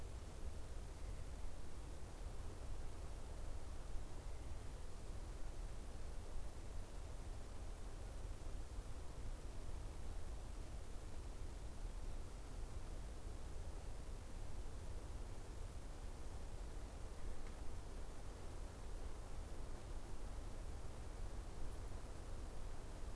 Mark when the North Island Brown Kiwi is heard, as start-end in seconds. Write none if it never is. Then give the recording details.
none. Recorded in New Zealand on 14 October 2015. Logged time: 20:29. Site BN6